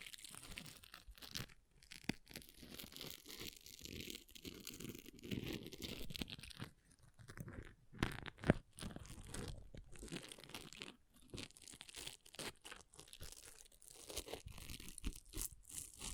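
Scratching on an object, made of dense, uneven bursts of rough crunching and tearing scrapes. The strokes come in irregular clusters across the whole stretch with brief gaps, and one sharper, louder hit lands around eight seconds.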